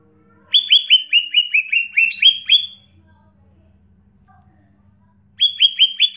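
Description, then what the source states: Bird song: a rapid run of about ten bright, downslurred whistled notes, followed by silence and then a second run beginning. Birdsong used for training pet birds.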